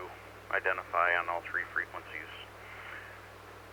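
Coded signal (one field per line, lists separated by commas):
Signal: Emergency Alert System (SAME) tones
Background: speech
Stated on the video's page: Net on the 447.275 repeater, also on the 447.750 repeater and Echolink.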